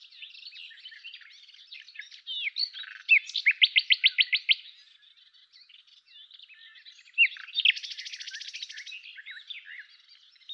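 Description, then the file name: Common nightingale singing: soft twittering, then a loud run of about eight rapid pulsed notes, a pause, and another buzzy repeated phrase. "Luscinia megarhynchos"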